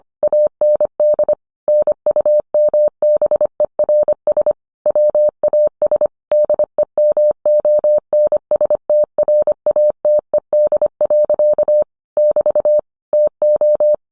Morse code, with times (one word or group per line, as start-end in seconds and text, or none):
0.2-1.3 AND
1.7-4.5 NUMBERS
4.9-6.1 WAS
6.3-11.8 DEMONSTRATED.
12.2-12.8 <BT>
13.1-13.9 TO